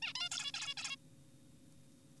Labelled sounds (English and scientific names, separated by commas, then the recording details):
Zebra Finch (Taeniopygia guttata)
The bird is an adult
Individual g4p5U